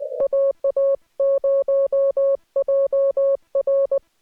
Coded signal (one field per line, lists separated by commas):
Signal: Morse code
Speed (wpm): 19 wpm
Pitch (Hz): 550 Hz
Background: music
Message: AA0JR